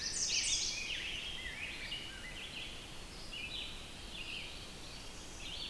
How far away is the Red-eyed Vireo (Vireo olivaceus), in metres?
about 60 m